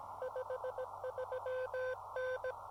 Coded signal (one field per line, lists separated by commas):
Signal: Morse code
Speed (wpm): 17 wpm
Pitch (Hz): 510 Hz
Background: none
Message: 53N